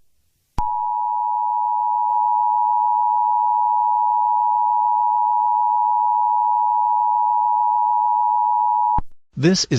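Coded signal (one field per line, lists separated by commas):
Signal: Emergency Alert System (SAME) tones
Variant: 853 and 960 Hz attention tone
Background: speech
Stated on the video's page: Mock Required Monthly Test.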